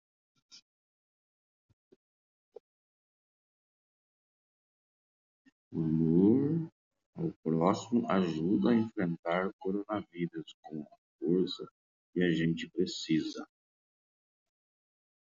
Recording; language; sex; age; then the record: spoken sentence; Brazilian Portuguese; male; 50 to 59 years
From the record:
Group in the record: control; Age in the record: 58 years